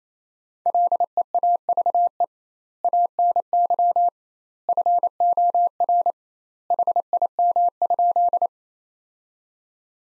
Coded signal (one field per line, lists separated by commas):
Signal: Morse code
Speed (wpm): 28 wpm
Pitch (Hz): 700 Hz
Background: none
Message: LEAVE ANY FOR HIM?